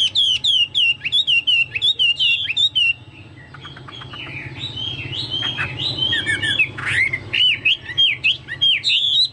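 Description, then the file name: Chinese hwamei singing bright, repeated whistled notes, a brief stretch of rapid clicks and chatter, then more loud, varied warbled phrases. "hwamei-2-omkicau"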